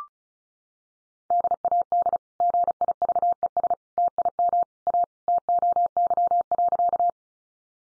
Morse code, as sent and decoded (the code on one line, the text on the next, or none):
-.. .- -.. / --. .. ...- . ... / - .. -- / .- / - --- -.-- .-.-.-
DAD GIVES TIM A TOY.